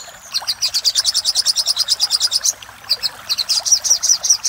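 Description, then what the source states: Little spiderhunter singing a rapid, even string of high, metallic notes, a brief break near three seconds, then more clipped notes. Masteran recording made for training caged songbirds.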